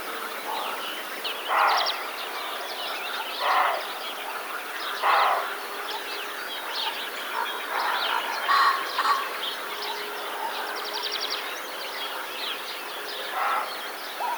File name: capreolus capreolus